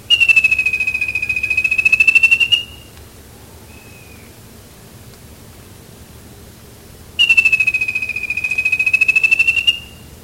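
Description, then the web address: Bird trill, given twice: a long, level, fast-pulsed whistled note of about two and a half seconds, then a short faint whistle, silence, and the same trill again. "BIRD 2015 SABIOD 50 bird 2015"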